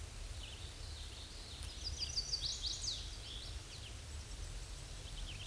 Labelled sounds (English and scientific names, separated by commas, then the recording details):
Chestnut-sided Warbler (Setophaga pensylvanica) song
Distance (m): 25 m
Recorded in a Pennsylvania forest on 18 May 2023 at 06:21
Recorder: AudioMoth, point grid1_40_low
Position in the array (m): 121 m, 210 m